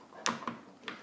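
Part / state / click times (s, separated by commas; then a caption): water line into espresso machine inlet fitting / seated / 0.3 s. A plastic water line is pushed into the push-to-connect inlet fitting on an espresso machine until it seats. A sharp click is heard at 0.3 s, followed by two softer taps, and the line is felt to go in all the way, confirming it is seated.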